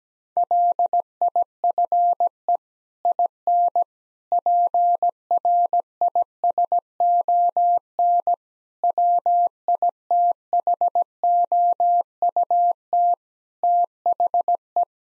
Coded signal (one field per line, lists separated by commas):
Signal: Morse code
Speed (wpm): 17 wpm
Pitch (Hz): 700 Hz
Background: none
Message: LIFE IN PRISON WITHOUT THE